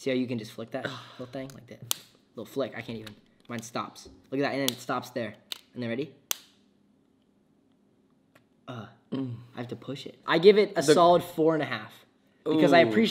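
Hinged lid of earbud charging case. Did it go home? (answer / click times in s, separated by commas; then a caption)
yes / 6.3 s. Someone talks while flicking open the hinged lid of a plastic earbud charging case and then pushing it shut. The lid closes with a sharp snap at 6.3 seconds, and the talking continues afterward.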